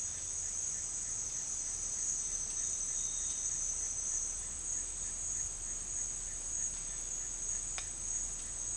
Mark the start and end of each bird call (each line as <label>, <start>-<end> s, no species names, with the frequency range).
bird call (1.2-2.2 kHz), 0.00-7.62 s